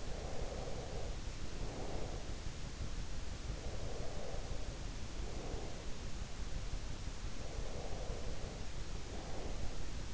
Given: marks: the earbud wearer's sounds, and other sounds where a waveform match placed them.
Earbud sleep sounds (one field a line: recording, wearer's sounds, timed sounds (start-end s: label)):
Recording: sounds in sleep by an in-ear microphone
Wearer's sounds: breath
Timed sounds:
0.00-2.51 s: breath
3.46-5.94 s: breath
7.40-10.14 s: breath